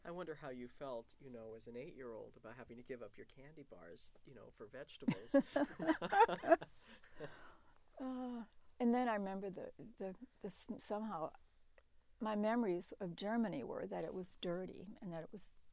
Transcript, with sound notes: I wonder how you felt, you know, as an eight year old, about having to give up your candy bars, you know, for vegetables! [Laughs]
And then I remember the, somehow my memories of Germany were that it was dirty, and that it was,